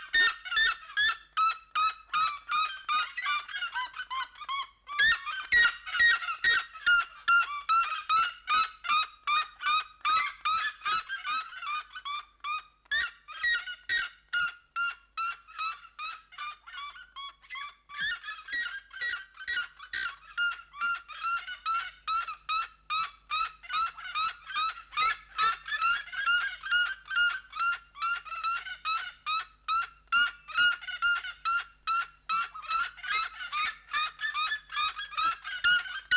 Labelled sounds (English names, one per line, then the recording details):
Red-legged Seriema call
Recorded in captivity
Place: Zoo Berlin, Berlin, DE
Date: 1992-07-11 12:00
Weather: bedeckt, z.T. Regen, 17-22°C
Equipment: Marantz CP 430, Sennheiser ME 80, Kopie Tesla B 116
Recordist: Tembrock, Günter